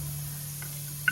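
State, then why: Seated. The inner brake pad, which had popped out, is pressed back into the disc brake caliper of a 2004 Grand Caravan minivan, with a steady low hum and hiss in the background. Its metal retaining clip snaps home with one sharp click at 1.1 s, and the pad is seated.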